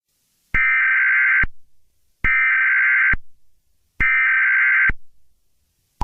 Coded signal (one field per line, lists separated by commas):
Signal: Emergency Alert System (SAME) tones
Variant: header bursts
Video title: EAS Scenario #8: Cartoon Cat Murdering Rampage.